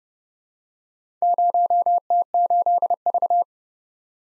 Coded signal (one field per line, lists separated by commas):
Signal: Morse code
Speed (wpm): 30 wpm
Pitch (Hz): 700 Hz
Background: none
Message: 0T8V